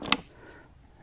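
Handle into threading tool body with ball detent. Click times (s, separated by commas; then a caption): 0.1 s. The metal handle of a tap-and-die holder tool is pushed into the tool's main body, where a spring ball detent catches it with a single sharp click at 0.1 s, after a brief rustle of handling. The handle is seated and held in place so it won't fall out, and only faint low noise follows.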